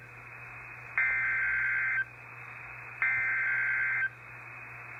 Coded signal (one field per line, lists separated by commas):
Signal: Emergency Alert System (SAME) tones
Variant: header bursts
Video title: EAS Tornado Warning relating to Major Hurricane Ian on WXK83 Fort Myers - 9/27/22